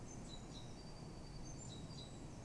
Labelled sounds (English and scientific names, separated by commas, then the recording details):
Eurasian Blue Tit (Cyanistes caeruleus)
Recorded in Germany
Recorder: ecoPi